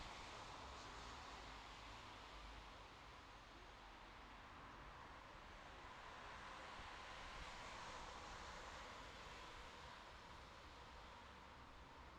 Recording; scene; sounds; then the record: everyday scene through a hearing-aid microphone; in traffic; traffic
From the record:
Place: bus stop on a city main road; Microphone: in the ear canal, left